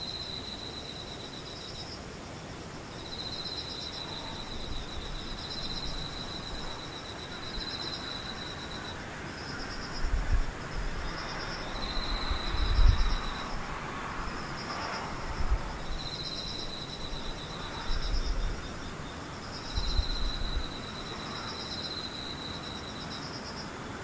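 Insects trill steadily throughout, a high buzzing layer near 4 kHz with a second pulsing band above it, repeating in regular bursts every second or two. Low thumps and brief rustling bumps break in around 10, 13, 16 and 20 seconds.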